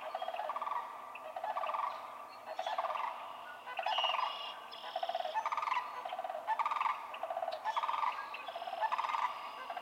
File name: Sandhill Crane